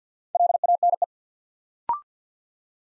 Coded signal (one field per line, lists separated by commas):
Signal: Morse code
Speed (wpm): 50 wpm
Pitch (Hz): 700 Hz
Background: none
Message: LANE